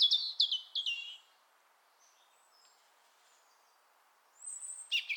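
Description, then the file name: European robin song: a quick burst of warbled notes, about three seconds of near silence, then a thin high whistle leading into another phrase. "Erithacus rubecula"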